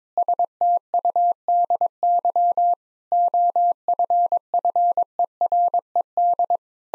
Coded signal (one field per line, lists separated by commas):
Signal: Morse code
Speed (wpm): 22 wpm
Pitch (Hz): 700 Hz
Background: none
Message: STUDY OFFERED